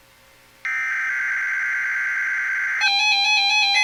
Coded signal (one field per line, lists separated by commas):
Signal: Emergency Alert System (SAME) tones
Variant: header bursts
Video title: EAS #166- Georgia Fall Severe Weather Drill